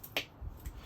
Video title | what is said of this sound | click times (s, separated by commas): overland trailer build interior finishing 10 | you could actually hear that click | 0.2 s